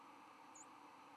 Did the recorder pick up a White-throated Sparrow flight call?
no